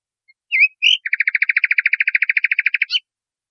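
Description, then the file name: Nightingale song: a few short slurred notes, then a rapid, even trill lasting about two seconds. Masteran training song for teaching cage birds. "suara masteran nightingale"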